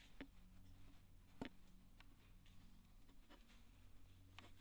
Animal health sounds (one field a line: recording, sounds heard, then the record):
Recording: poultry house recording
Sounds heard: no chicken sound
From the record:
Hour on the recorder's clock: 22